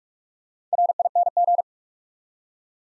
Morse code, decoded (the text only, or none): RING